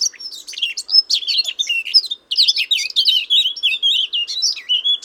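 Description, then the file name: Eurasian blackcap song, loud and busy, with fluty slurs and squeaky twitters strung together nearly without pause across five seconds. "Sylvia atricapilla"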